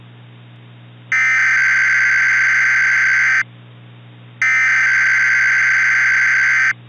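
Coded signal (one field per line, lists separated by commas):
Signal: Emergency Alert System (SAME) tones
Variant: header bursts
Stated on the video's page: Fictional tornado EAS scenario for Washington DC, not a real alert.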